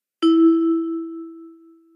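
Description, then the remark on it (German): A single bell-like ding from a hotel reception bell rings out with a sharp strike, then a clear mid-pitched tone slowly fades away over about two seconds, with no voices present. “Ist gerade niemand am Empfang oder ist die Tür außen vom Hotel noch geschlossen, dann hilft die Klingel und hoffentlich ist gleich jemand da.”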